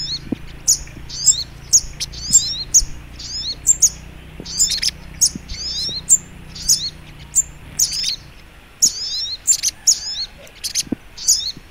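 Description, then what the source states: Little Spiderhunter song of high, squeaky double and triple notes repeated rapidly and fairly evenly, plus a soft low drone in the background. Masteran training recording, labelled Labaik.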